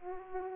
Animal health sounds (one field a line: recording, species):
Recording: mosquito wingbeat signal from an infrared sensor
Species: Aedes aegypti